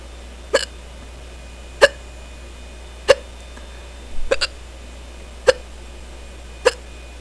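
Six abrupt, sharp hiccups from an adult over about seven seconds, roughly one every 1.2 seconds, close to 50 a minute. Each is a brief click-like catch of breath; one near the middle is doubled and slightly longer. A steady low hum runs underneath.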